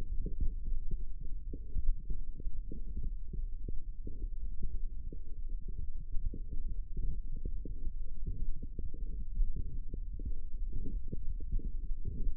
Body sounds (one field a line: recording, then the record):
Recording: forearm muscle sounds (acoustic myography)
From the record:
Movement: forearm supination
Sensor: system 1, eight BSWA MPA416 microphones around the upper forearm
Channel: 8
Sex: male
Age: 23 years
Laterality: right